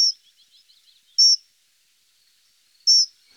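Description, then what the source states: Dunnock giving very high, thin single-note calls: three sharp notes spaced well apart, with faint twittering between the first two. Garden bird; very high-pitched calls, plaintive, on a single note.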